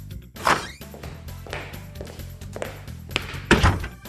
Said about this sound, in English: Oh, a man is opening a door, walking into a room, and then closing the door.